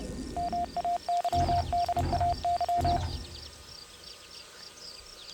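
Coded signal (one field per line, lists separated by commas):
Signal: Morse code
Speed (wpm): 30 wpm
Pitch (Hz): 700 Hz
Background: none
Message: MAYDAY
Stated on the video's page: Morse from the game Submachine Legacy.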